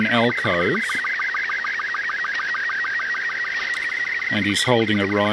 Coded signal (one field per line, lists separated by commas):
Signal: SSTV (slow-scan television)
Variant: Robot 36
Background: speech